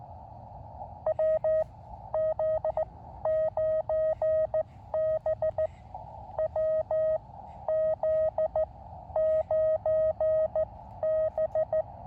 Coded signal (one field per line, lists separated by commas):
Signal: Morse code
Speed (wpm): 14 wpm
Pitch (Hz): 630 Hz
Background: none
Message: WZ9B WZ9B